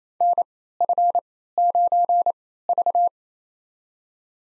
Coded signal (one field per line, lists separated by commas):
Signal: Morse code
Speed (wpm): 28 wpm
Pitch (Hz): 700 Hz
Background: none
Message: NF9V